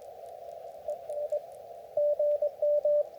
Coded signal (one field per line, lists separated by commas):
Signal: Morse code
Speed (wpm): 23 wpm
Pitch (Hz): 590 Hz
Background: radio noise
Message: EN GM